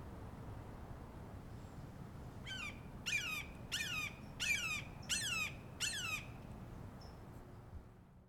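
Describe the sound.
Cooper's hawk giving a single run of six sharp, nasal cak notes, evenly spaced about two-thirds of a second apart, over a faint constant low rumble.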